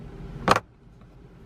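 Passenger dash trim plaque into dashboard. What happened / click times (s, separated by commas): The plastic trim clips snapped into place / 0.5 s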